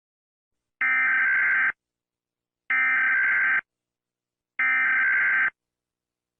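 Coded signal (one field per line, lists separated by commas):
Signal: Emergency Alert System (SAME) tones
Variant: header bursts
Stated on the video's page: Fictional EAS scenario, not a real alert.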